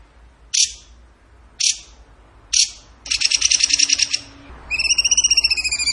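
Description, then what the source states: Bird song with three sharp high chips about a second apart, then a fast rattling trill, and finally a quick series of clear whistled notes. Masteran training recording of a bird singing in the gacor tembakan style.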